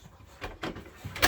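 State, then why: Seated. An assembled monitor stand bracket for an AW3821DW monitor has its front tabs slid into the monitor's rear VESA mount at the top and is pushed down. A few soft knocks and scrapes come at about 0.4, 0.6 and 1.2 seconds. The stand seats and latches with a sharp click at 1.2 s.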